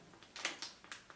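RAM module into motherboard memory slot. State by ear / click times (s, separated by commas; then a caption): not seated / none. A second RAM module is handled over a motherboard memory slot, producing a few soft clicks and scrapes, the loudest around 0.5 s. Nothing has seated or clicked into place yet.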